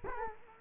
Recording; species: mosquito wingbeat signal from an infrared sensor; Culex quinquefasciatus